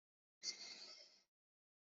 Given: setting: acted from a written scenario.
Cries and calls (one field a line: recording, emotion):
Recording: vocal sound without words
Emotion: desire